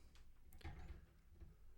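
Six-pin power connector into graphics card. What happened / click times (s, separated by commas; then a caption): The power connector clicked into place / 0.5 s. A six-pin PCIe power connector is plugged into a graphics card, giving a short click-like hit at 0.5 s followed by a duller thump and low handling rumble. The connector seats in place.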